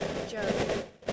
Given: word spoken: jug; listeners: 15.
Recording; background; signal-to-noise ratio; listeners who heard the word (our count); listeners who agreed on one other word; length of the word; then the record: one English word in noise, from a listening test; noise modulated by three-talker babble; -8.0 dB; 0 of 15; 11 of 15; 0.73 s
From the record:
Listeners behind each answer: 11, 1, 1, 1, 1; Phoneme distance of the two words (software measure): 20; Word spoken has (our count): 1 syllable, 3 phonemes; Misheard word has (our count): 1 syllable, 3 phonemes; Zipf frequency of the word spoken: 4.06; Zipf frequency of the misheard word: 4.59